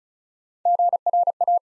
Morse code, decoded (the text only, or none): GRA